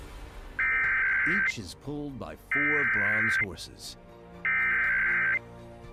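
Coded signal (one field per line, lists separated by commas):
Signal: Emergency Alert System (SAME) tones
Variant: header bursts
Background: speech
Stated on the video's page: Monthly test aired over a television broadcast.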